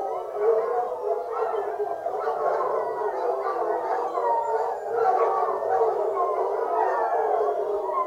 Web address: Sound Effects-BBC Dog Hunting Hound BBC. fox hunting hounds singing huntsman blows picking up hounds on horn